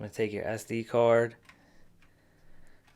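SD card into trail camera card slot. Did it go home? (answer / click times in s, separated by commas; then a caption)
no / none. A person talks while handling an SD card next to the spring-loaded card slot on the bottom of a 2021 Browning Spec Ops Elite HP4 trail camera, and a faint tick is heard at about 2.0 s. The card has not clicked into the slot or seated yet.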